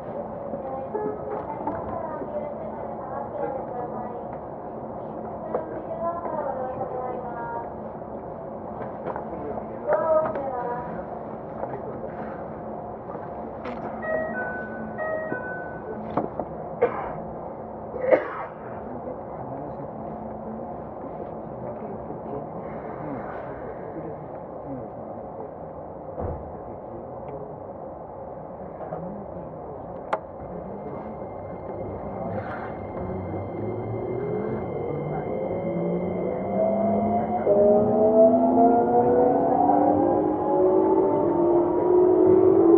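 Inside a Keikyu 2100 series train running from Yokohama toward Misakiguchi, a steady low rumble carries quiet voices and a few short clicks and thumps. After about 33 seconds a rising motor whine climbs in pitch as the train speeds up and grows louder.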